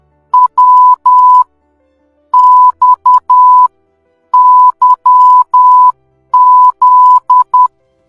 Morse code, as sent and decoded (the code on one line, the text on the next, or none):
.-- / -..- -.-- --..
W XYZ